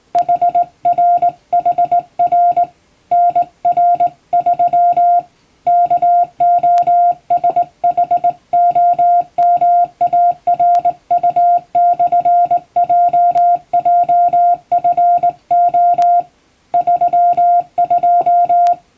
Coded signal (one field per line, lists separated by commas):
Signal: Morse code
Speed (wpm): 20 wpm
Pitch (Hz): 700 Hz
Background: music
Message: HRHR NR3 KOSHOMARU/JJFO 32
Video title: 【Radio operator morse practice】This is a Morse code practice video. There is a morse exam in japan.